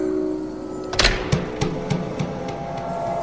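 A house's front door opens with a sharp clunk just after the maghrib call to prayer, as a man returns home from work, followed by a run of evenly spaced clicks and knocks that fade gradually, over a steady low hum with no voices.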